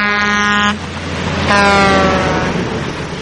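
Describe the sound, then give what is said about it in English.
A Mack truck air horn at a truck race on a racetrack honks twice: a loud, steady blast that cuts off sharply, then after a short gap a second, longer blast that slowly fades, with a low rumble underneath throughout. “We're going to have Mack trucks on a racetrack.”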